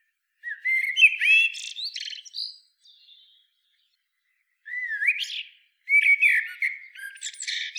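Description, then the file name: Common blackbird song: mellow fluted warbles that end in squeaky high twitters, in phrases separated by pauses. "Turdus merula"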